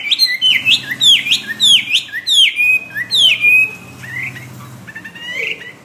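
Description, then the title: Bird song of regularly repeated downslurred whistles, then softer scattered notes, over a low hum. "SuaraBurung Kicau"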